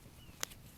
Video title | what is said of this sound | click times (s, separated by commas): Part 7 of 7 How to Build a Raised Bed Garden: Drip Emitter Install and Final Testing! | it just kinds of pops into place and that's how easy it is. | 0.4 s